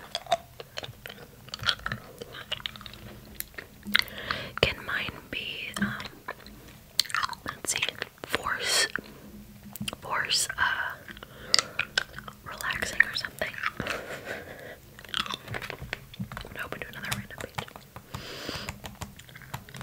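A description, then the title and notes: Wet mouth sounds of hard candy being sucked and clicked against teeth fill the recording, with frequent crisp clicks and smacks arriving in irregular bursts. Soft rustles and light taps, like pages or a fingertip tracing paper, sit underneath. ASMR Tracing & Flipping Through Books w Hard Candy Mouth Sounds.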